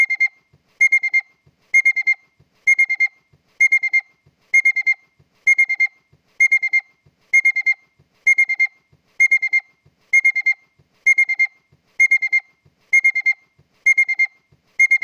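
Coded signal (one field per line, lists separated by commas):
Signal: alarm pattern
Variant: Honda car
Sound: rapid bursts of four short high electronic beeps, repeating continuously about 18 times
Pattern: 4 short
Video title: honda car alarn ignition/alarm beeps sound effect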